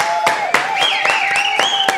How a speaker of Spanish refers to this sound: Standing ovación.